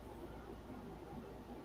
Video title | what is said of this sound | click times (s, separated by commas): Sunday funday jewelry aucton on JewelryNurse it's all Elizabeth all day time | Maybe I didn't snap it good enough. Let's see. | none